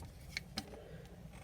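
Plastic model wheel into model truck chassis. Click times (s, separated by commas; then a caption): 0.4 s, 0.6 s. A plastic wheel is pressed onto a scale model truck chassis, parts that don't snap together easily. Two sharp clicks come at 0.4 s and 0.6 s over a low background hum, and the wheel seats in place.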